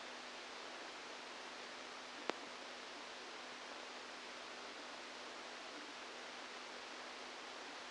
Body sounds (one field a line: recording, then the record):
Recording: brain microelectrode recording played as sound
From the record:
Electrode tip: outside the subthalamic nucleus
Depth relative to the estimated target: -6 mm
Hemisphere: left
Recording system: NeuroSet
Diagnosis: Parkinson's disease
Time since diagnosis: 17 years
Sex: male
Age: 64 years